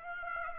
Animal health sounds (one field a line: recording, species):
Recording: mosquito wingbeat signal from an infrared sensor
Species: Aedes aegypti